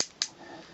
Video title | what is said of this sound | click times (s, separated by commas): Transformers Henkei MEGATRON Review | and then flip this down into place and it clicks into place and we just rotate his arm down flip that around | 0.0 s, 0.2 s